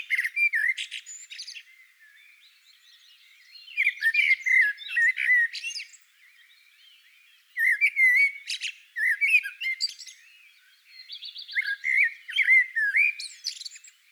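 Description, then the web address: Common blackbird singing: several runs of rich, warbled whistles ending in a high scratchy flourish, with quiet gaps between. "sammel Naturinspelningar Koltrast"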